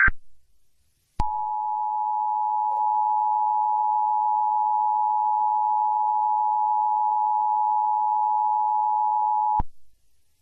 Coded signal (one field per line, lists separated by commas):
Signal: Emergency Alert System (SAME) tones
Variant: 853 and 960 Hz attention tone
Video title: Release the EVIL | EAS Scenario